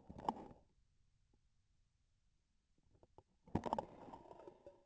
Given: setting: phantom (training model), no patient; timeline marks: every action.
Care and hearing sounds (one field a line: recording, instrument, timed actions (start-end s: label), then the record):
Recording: laparoscopic instrument, vibration sensor on the handle end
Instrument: grasping forceps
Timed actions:
0.00-0.78 s: grasping tissue
3.41-3.99 s: releasing tissue
From the record:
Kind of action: gesture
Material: synthetic tissue